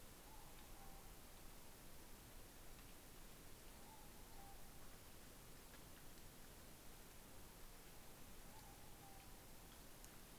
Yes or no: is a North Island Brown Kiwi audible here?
no